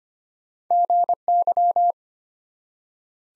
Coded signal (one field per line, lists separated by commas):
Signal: Morse code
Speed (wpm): 25 wpm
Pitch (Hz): 700 Hz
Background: none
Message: GY